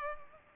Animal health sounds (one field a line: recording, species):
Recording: mosquito wingbeat signal from an infrared sensor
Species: Culex pipiens